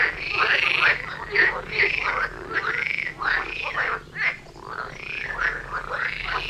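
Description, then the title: Frogs croaking in a thick chorus, with repeated rising-and-falling calls above constant background croaking. Frog concert near Vellerner Brook in Neubeckum at 2pm, recorded in binaural format for headphones. "Frog concert near Vellerner Brook in Neubeckum - 2pm - binaural version"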